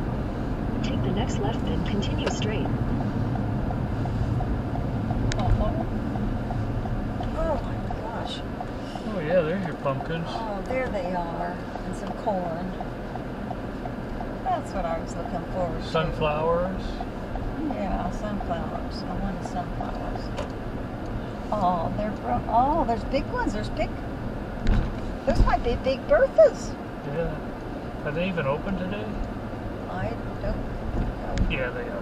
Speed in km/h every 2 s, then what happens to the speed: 52, 52, 44, 26, 16, 11, 13, 16, 19, 21, 23, 23, 16, 16, 21, 24.
3-10 brakes to 11. 10-18 speeds up to 21. 18-26 steady at about 21. 26-32 speeds up to 24.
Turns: 10-17.